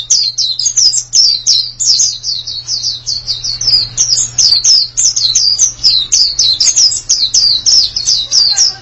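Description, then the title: White-eye pouring out a fast, high, warbling chatter of short falling whistles in a continuous run, with a faint hum underneath. "Kicauan Burung Pleci Durasi Panjang"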